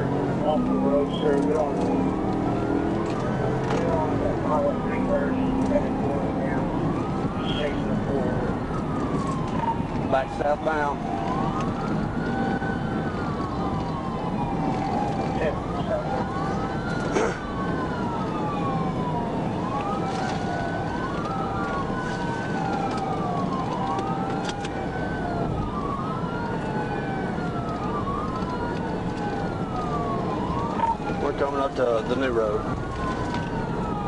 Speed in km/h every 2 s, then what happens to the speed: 101, 118, 124, 127, 113, 109, 106, 103, 100, 100, 95, 93, 95, 98, 97, 93, 93.
0-6 speeds up to 127. 6-15 slows to 100. 15-34 steady at about 95.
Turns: none.